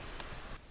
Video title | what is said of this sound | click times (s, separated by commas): 2021 F150 Rear Seat Cover Install | and so I just reached down here I hook it with my finger and pull it up and then you'll hear the log click | 0.2 s